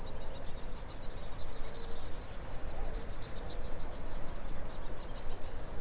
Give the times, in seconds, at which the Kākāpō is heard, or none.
none